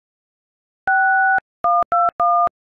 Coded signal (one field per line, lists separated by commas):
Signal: DTMF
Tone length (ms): 240 ms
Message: 6121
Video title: Hallelujah Chorus, from Handel’s Messiah (played on iPhone keypad)